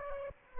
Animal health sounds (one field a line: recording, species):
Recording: mosquito wingbeat signal from an infrared sensor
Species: Aedes aegypti